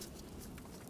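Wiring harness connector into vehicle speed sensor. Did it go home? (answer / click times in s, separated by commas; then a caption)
no / none. An electrical wiring harness connector, with its locking tab facing forward, is being handled and pressed toward the new transmission input speed sensor on a 2012-2018 Nissan Altima. Only low, steady handling noise is heard, with a faint bump at the very start. Nothing has seated or clicked yet.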